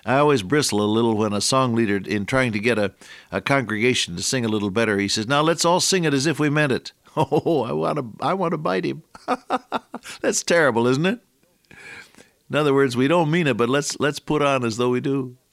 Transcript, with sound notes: I always bristle a little when a song leader, in trying to get a congregation to sing a little better, he says, “Now let’s all sing it as if we meant it”. Oh I want to bite him. [chuckle] That’s terrible, isn’t it? In other words, we don’t mean it, but let’s put on as though we do.